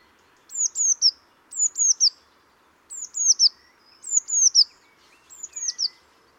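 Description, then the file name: Eurasian blue tit calls, high thin descending notes in quick groups of two or three, repeated several times against a soft hiss. "Cyanistes caeruleus"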